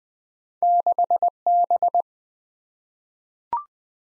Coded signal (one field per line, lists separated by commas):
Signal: Morse code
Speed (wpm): 20 wpm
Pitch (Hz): 700 Hz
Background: none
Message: 6B